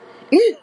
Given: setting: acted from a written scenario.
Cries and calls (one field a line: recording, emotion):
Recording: vocal sound without words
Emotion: fear